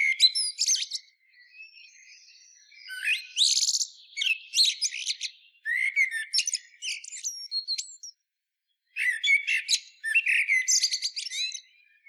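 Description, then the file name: Common blackbird song: a run of jumbled phrases, some low and fluty and others thin, high and scratchy, with one clear gap before a last twittering burst. "Turdus merula"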